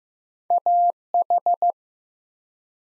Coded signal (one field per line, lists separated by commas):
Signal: Morse code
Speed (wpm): 15 wpm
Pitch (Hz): 700 Hz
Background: none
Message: AH